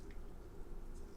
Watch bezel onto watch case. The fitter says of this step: some blush all around no i'm not hearing the click so i'm going to have to use my press for it